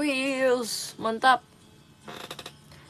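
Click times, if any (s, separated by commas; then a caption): 2.3 s, 2.4 s, 2.5 s. A plastic kit piece is pressed into its mating piece while someone talks. Three short clicks at 2.3, 2.4 and 2.5 seconds mark the piece seating into place.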